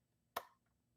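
On a sewing machine, the bobbin thread tail is guided through a slit into a notch in the bobbin case and snaps into place. A single sharp, bright click is heard at 0.4 s, ringing briefly before fading into quiet background hum. The thread is seated in the bobbin case.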